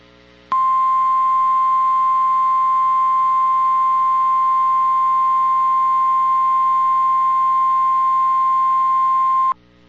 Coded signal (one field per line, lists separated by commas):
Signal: Emergency Alert System (SAME) tones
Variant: 1050 Hz attention tone